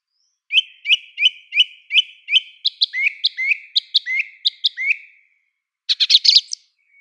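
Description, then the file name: Song thrush song: a clear note repeated several times, then a run of lower swooping notes, ending in a burst of harsh high notes. "pevchij drozd turdus philomelos"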